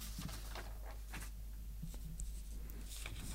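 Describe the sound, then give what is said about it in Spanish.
Soft, irregular crackles and swishes of paper sheets being handled, coming in short scattered bursts over a low steady hum, with no voices. “Están sonando los papeles”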